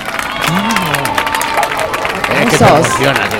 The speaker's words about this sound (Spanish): A ver, esos aplausos, por favor.